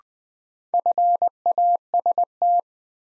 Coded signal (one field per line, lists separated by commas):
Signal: Morse code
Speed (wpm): 21 wpm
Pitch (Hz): 700 Hz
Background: none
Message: FAST